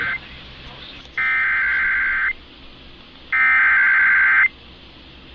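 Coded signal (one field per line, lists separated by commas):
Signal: Emergency Alert System (SAME) tones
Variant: header bursts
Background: speech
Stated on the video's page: EAS severe thunderstorm alert relayed under a weather alert activation, received on an HDR-14 receiver.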